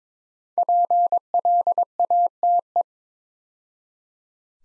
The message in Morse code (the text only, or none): PLATE